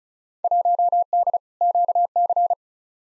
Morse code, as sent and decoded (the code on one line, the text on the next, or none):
.---- -.. / --.- -.-.
1D QC